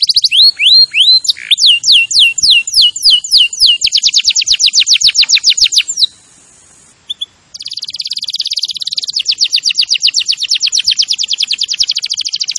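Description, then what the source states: Canary song: sweeping whistled notes and a fast trill, a brief pause with a couple of chips, then a long buzzy rolling trill. Singing in the lively 'gacor' style.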